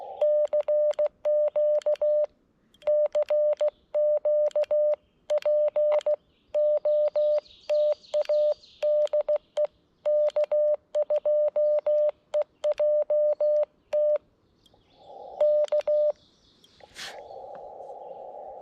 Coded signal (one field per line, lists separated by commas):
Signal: Morse code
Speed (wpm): 16 wpm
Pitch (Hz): 600 Hz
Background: none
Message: CQ CQ POTA DE K2EJT K